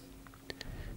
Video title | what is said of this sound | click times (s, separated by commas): YOUR FIRST FPV RACER BUILD - EASY GUIDE & LINKS | You'll hear like a little click, and it's on there. | 0.5 s